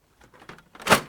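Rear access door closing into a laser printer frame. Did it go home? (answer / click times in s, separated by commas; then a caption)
no / none. The rear access door of an M608 laser printer is handled against the printer frame after the pickup rollers have been reinstalled. Soft plastic rattles and light taps come at about 0.5, 0.6, 0.8 and 0.8 seconds, followed by a louder, broad rushing swell that peaks near 0.9 seconds. The door has not latched shut yet, and nothing has seated or clicked.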